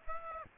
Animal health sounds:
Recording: mosquito wingbeat signal from an infrared sensor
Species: Aedes aegypti

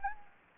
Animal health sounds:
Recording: mosquito wingbeat signal from an infrared sensor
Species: Anopheles gambiae

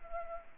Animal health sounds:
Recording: mosquito wingbeat signal from an infrared sensor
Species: Culex pipiens

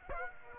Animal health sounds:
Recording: mosquito wingbeat signal from an infrared sensor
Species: Aedes aegypti

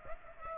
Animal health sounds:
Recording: mosquito wingbeat signal from an infrared sensor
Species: Aedes aegypti

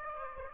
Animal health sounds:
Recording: mosquito wingbeat signal from an infrared sensor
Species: Aedes aegypti

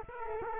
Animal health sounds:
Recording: mosquito wingbeat signal from an infrared sensor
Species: Culex quinquefasciatus

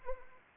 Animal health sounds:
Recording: mosquito wingbeat signal from an infrared sensor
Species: Anopheles arabiensis

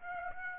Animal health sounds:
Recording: mosquito wingbeat signal from an infrared sensor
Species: Aedes aegypti

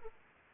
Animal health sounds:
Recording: mosquito wingbeat signal from an infrared sensor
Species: Aedes aegypti

